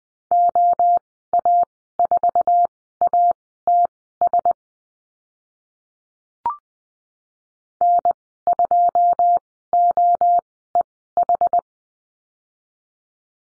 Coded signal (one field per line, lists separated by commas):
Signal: Morse code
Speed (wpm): 20 wpm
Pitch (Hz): 700 Hz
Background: none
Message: OA4ATS N2OEH